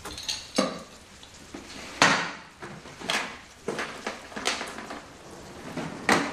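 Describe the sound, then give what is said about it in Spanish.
Kitchen drawers being rummaged through during a power cut, with repeated sharp clatters of cutlery and utensils and wooden knocks, irregular bursts of bright rattling against a low background, no voices. “Busca en los cajones.”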